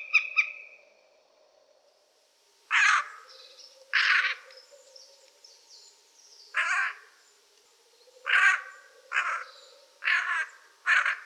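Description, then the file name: Eurasian jay giving seven harsh, noisy screeches spaced irregularly, after a brief tonal note at the start; a faint low steady tone lingers underneath. "Geai-des-chênes"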